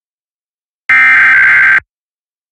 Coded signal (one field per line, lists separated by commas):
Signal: Emergency Alert System (SAME) tones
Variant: header bursts